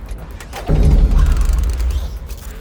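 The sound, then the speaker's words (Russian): A large robot, Sisyphus, knocks against a narrow cabin doorway while trying to drive into the cabin: an abrupt, heavy mechanical thud gives way to a low grinding rumble with rapid clicking and creaking, lasting over a second before easing off. No one speaks. “Стук шел из-за стены, рядом со входом в каюту. В дверной проем стучался Сизиф.”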